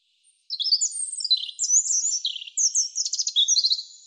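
European robin song, a long rippling strophe of rapid high twitters and sweeping whistles running on for about three and a half seconds.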